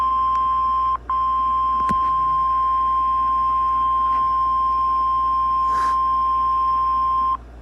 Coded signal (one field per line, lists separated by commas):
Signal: Emergency Alert System (SAME) tones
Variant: 1050 Hz attention tone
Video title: Severe Thunderstorm Warning On WXK85 Oklahoma City, OK, [EAS #573]